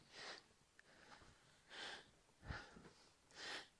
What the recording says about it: What it's like as I take you upstairs with me. Just so you can have an idea of what my breathing is like. And I do apologise for breathing quite so heavily at you.